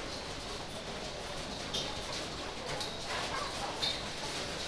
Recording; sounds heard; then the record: poultry house recording; healthy chickens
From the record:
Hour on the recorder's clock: 19